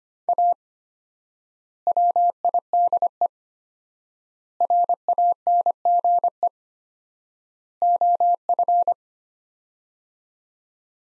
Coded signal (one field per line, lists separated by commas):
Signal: Morse code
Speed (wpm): 25 wpm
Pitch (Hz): 700 Hz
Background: none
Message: A WIDE RANGE OF